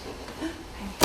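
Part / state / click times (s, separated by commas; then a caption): seat belt buckle into its latch on a child restraint / not seated / none. A seat belt buckle is being handled toward its latch on a child restraint, with quiet rustling and a short sharp transient at about 1.0 s as the clip ends. Nothing has seated or clicked yet.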